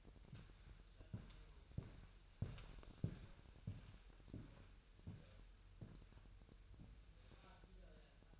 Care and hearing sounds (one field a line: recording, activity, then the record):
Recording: daily activity, microphone in the room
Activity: walk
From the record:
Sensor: 2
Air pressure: 1001.9 hPa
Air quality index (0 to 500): 233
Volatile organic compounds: 63 ppm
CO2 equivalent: 3447 ppm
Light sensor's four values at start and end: 7/17/7/7 and 7/17/7/7